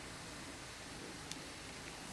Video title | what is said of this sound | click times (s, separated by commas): 99 04 Volkswagen wiper blade replacement simple & easy | And sometimes it doesn't make a very loud noise, but it just clicked right into place. | 1.3 s